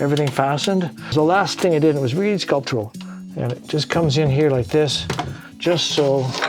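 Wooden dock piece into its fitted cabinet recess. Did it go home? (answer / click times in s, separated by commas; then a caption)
no / none. In a converted bus, a handmade wooden dock piece that fastens items for travel is handled and brought toward its fitted cabinet recess while someone talks over light background music. Nothing has seated or clicked yet.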